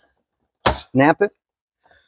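While reassembling the dash of a 2008 4Runner during a light swap, a pink plastic retaining clip is pushed into the dash trim carrier. A sharp, broadband snap is heard at 0.7 s, then someone talks, and the clip is seated.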